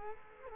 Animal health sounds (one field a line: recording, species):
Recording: mosquito wingbeat signal from an infrared sensor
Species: Culex quinquefasciatus